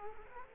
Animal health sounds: mosquito wingbeat signal from an infrared sensor; Culex quinquefasciatus

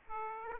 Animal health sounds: mosquito wingbeat signal from an infrared sensor; Aedes aegypti

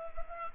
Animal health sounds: mosquito wingbeat signal from an infrared sensor; Culex pipiens

